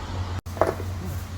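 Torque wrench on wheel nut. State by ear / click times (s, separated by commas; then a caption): torque reached / 0.6 s. A wheel nut on the rear wheel of a 2015 Ford Grand Tourneo Connect van, with the van's weight back on the wheel, is tightened with a torque wrench set to the specified torque so the wheel doesn't pop. The torque wrench gives a short, sharp click at 0.6 s over a steady low hum, confirming the nut has reached the specified torque.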